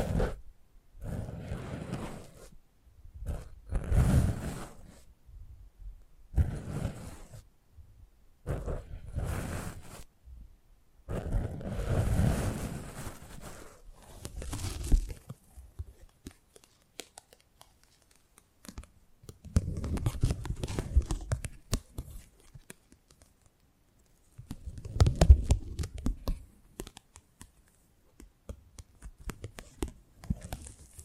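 Close-up mic handling: bursts of rubbing, scraping and thumping come every few seconds, with short silences between and low rumbling bumps throughout.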